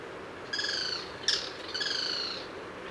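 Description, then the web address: Cocos flycatcher calls: two drawn-out, harmonic, slightly falling notes split by one sharp, abrupt note, over a soft hiss. Recorded on Cocos Island. "isla del coco. nesotriccus ridgwayi"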